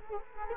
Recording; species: mosquito wingbeat signal from an infrared sensor; Culex quinquefasciatus